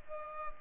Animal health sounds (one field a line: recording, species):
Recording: mosquito wingbeat signal from an infrared sensor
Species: Culex pipiens